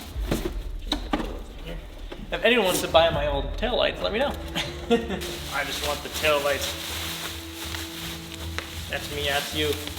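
A new Blackline LCI2 Union Jack tail light unit is pressed into its mounting on the rear of a MINI and snaps into place with a sharp click at 0.9 s, followed by a smaller hit at 1.1 s. The tail light is seated, and someone talks throughout over faint background music.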